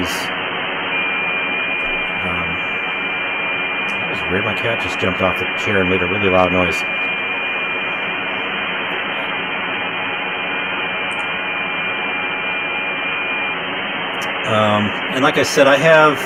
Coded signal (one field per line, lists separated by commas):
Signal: FT8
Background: speech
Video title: Wednesday Night Live DX 9-7-22